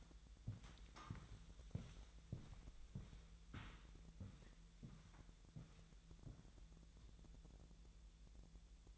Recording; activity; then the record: daily activity, microphone in the room; walk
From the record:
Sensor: 3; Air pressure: 1002.0 hPa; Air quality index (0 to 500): 240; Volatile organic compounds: 106 ppm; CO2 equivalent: 3793 ppm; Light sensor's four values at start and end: 8/19/8/8 and 8/20/8/9